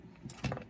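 A steel snap ring (circlip) is worked around with a small screwdriver into the groove of the piston pin bore in an aluminium piston for a VW Beetle/Super Beetle 1600cc dual-port engine. Sharp metallic clicks are heard at 0.3 s and 0.3 s (0.34 s), followed by a few more scraping ticks. The snap ring is confirmed seated in its groove.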